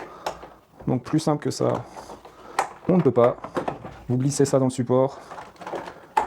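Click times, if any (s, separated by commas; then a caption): 6.2 s. A wheel of a MOVA 600/1000 robotic lawn mower is slid into its plastic holder during reassembly while someone talks. It clips in with one sharp snap at 6.2 s, and the wheel is seated.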